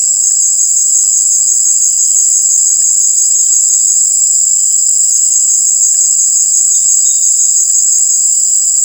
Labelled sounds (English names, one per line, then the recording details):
none
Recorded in dense forest near Puerto Asís, Putumayo, Colombia, on 19 March 2025 at 18:00
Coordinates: 0.484, -76.317
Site G064